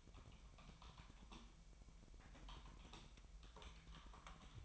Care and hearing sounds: daily activity, microphone in the room; typing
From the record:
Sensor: 1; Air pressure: 1002.0 hPa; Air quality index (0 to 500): 244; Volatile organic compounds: 49 ppm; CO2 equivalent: 3285 ppm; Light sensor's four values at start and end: 8/29/10/12 and 8/29/10/12

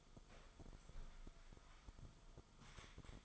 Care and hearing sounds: daily activity, microphone in the room; sit down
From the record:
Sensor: 5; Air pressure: 1005.1 hPa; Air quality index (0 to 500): 105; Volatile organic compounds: 2 ppm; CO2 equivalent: 1281 ppm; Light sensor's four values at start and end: 35/80/32/31 and 35/80/32/31

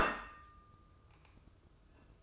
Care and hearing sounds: daily activity, microphone in the room; place plate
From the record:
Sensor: 2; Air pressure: 995.2 hPa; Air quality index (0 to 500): 62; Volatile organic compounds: 2 ppm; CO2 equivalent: 1036 ppm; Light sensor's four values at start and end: 13/45/17/16 and 13/45/17/16

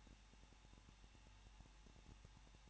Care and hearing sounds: daily activity, microphone in the room; no activity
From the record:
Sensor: 1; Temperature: 20.1 degrees Celsius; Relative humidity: 39.2%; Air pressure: 1006.3 hPa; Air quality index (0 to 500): 217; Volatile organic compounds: 77 ppm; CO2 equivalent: 3578 ppm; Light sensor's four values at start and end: 1/2/1/1 and 1/2/1/1

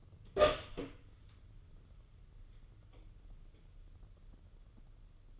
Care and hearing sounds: daily activity, microphone in the room; open door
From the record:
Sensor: 4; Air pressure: 995.2 hPa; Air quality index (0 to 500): 185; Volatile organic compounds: 99 ppm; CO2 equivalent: 3748 ppm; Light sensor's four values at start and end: 8/18/7/8 and 19/48/19/22

